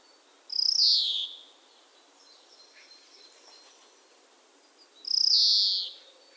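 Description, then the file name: European greenfinch with two drawn-out nasal buzzing calls about four and a half seconds apart. "Chloris chloris"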